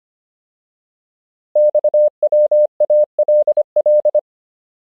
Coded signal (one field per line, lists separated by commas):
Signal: Morse code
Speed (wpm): 25 wpm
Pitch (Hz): 600 Hz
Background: none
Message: XWALL